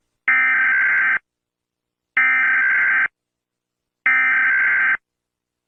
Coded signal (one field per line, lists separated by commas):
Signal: Emergency Alert System (SAME) tones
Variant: header bursts